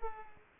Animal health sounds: mosquito wingbeat signal from an infrared sensor; Culex pipiens

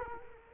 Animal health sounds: mosquito wingbeat signal from an infrared sensor; Culex quinquefasciatus

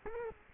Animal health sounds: mosquito wingbeat signal from an infrared sensor; Culex quinquefasciatus

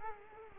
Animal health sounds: mosquito wingbeat signal from an infrared sensor; Culex quinquefasciatus

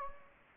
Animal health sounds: mosquito wingbeat signal from an infrared sensor; Anopheles gambiae

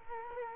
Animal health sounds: mosquito wingbeat signal from an infrared sensor; Culex quinquefasciatus

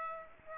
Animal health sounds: mosquito wingbeat signal from an infrared sensor; Aedes aegypti

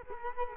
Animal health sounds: mosquito wingbeat signal from an infrared sensor; Culex quinquefasciatus

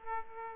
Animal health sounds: mosquito wingbeat signal from an infrared sensor; Aedes aegypti

